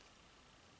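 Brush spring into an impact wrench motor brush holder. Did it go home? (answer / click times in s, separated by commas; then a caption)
no / none. A metal brush spring is handled while the carbon brushes are pushed down in the brush holder of a Milwaukee 2662 impact wrench motor being reassembled for intermittent starting. Only a steady broadband hiss is heard, with no distinct snap. Nothing has seated or clicked yet.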